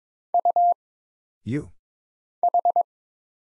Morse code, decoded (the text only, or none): U H